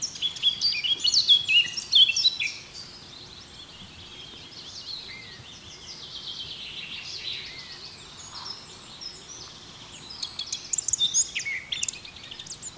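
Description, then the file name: Eurasian blackcap with rapid, scratchy warbled phrases at the start and again near the end, a quiet stretch in between. "Sylvia atricapilla"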